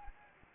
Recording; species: mosquito wingbeat signal from an infrared sensor; Anopheles arabiensis